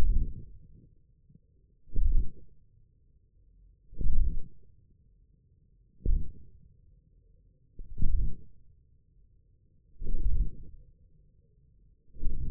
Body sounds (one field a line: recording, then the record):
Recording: forearm muscle sounds (acoustic myography)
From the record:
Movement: wrist extension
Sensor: system 1, eight BSWA MPA416 microphones around the upper forearm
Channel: 5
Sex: male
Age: 41 years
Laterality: right